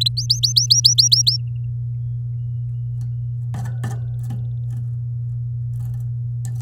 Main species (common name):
Domestic Canary